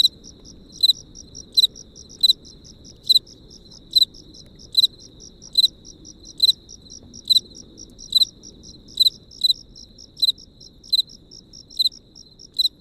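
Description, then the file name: Cricket song, a steady high pulsed trill with louder chirps repeated a little over once a second, clean and regular against a quiet background. Recorded close up. "tomas miguel - grillos close up"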